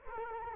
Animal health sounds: mosquito wingbeat signal from an infrared sensor; Culex quinquefasciatus

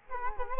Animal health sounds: mosquito wingbeat signal from an infrared sensor; Culex quinquefasciatus

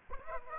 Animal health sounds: mosquito wingbeat signal from an infrared sensor; Aedes aegypti

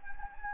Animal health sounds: mosquito wingbeat signal from an infrared sensor; Anopheles gambiae

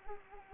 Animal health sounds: mosquito wingbeat signal from an infrared sensor; Anopheles arabiensis

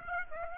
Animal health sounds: mosquito wingbeat signal from an infrared sensor; Aedes aegypti

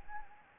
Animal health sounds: mosquito wingbeat signal from an infrared sensor; Anopheles gambiae

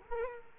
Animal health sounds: mosquito wingbeat signal from an infrared sensor; Culex quinquefasciatus

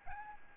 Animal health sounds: mosquito wingbeat signal from an infrared sensor; Aedes albopictus

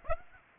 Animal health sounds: mosquito wingbeat signal from an infrared sensor; Aedes aegypti

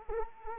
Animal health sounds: mosquito wingbeat signal from an infrared sensor; Anopheles arabiensis

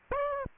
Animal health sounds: mosquito wingbeat signal from an infrared sensor; Aedes aegypti

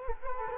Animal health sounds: mosquito wingbeat signal from an infrared sensor; Culex quinquefasciatus

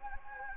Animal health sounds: mosquito wingbeat signal from an infrared sensor; Anopheles gambiae

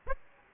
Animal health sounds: mosquito wingbeat signal from an infrared sensor; Aedes aegypti

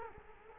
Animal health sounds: mosquito wingbeat signal from an infrared sensor; Culex quinquefasciatus

